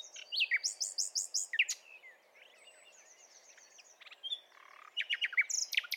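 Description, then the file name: Common nightingale in song: a series of loud, sharp, repeated notes, a pause with faint twittering and a long even whistle, then a burst of strong clipped notes to close. "Luscinia megarhynchos"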